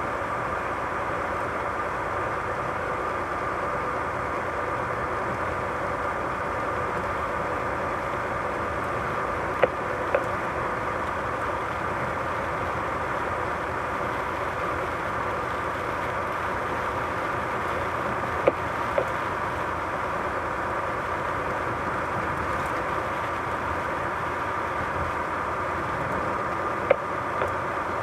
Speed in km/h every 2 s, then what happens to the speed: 104, 104, 104, 104, 104, 104, 104, 104, 104, 105, 105, 104, 105, 106.
0-28 steady at about 104.